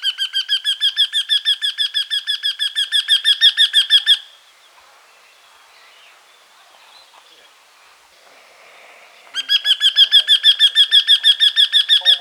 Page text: Eurasian Wryneck Song. Quick Sounds